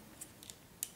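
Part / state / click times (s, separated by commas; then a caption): 3D-printed plastic kit piece into a transforming robot toy / seated / 0.8 s. A 3D-printed plastic Printformers kit piece is lined up and pressed into a Transformers Generations Rotorstorm transforming robot toy. A few faint, small plastic ticks at about 0.2, 0.4 and 0.5 seconds come before a sharp, louder snap at 0.8 seconds, when the piece seats in place.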